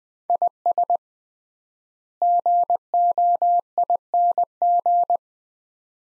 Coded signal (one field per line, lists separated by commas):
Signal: Morse code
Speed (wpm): 20 wpm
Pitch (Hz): 700 Hz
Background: none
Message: IS GOING